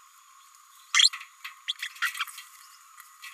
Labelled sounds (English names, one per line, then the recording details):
Green-rumped Parrotlet babbling
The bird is a female
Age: 29 days
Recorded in a nest box in Venezuela
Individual 17B32A5